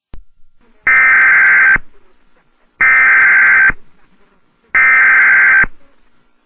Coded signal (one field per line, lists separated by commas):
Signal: Emergency Alert System (SAME) tones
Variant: header bursts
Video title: Emergency Alert System (EAS) Atomic Bomb (Iraq)